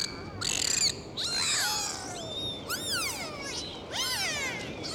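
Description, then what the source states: Dolphin whistles: bursts of high, arching and sweeping whistled calls with layered overtones, several in quick succession over a faint hiss. Dolphins described as cheerful.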